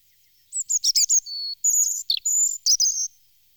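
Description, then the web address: European robin song: a single clear phrase of quick high chirps, steady whistled notes and a brief descending flourish. "chants d'oiseaux Jean C Roche - Rouge-gorge"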